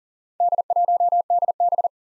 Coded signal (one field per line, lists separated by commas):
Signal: Morse code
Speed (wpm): 40 wpm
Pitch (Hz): 700 Hz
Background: none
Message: D1DB